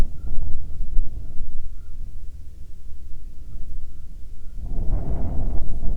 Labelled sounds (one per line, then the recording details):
bird
wind
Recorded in the Prudhoe Bay oil fields, Alaska, on 7 August 2019 at 14:12
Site 17